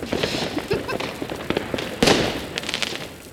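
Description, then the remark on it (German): A hissing, crackling sparkler-like table firework sputters steadily, then detonates in a loud sharp bang like a Chinese firecracker, followed by more crackling pops and fizzing. “Und jetzt detoniert das Ding wie ein China-Böller D und du stehst direkt davor.”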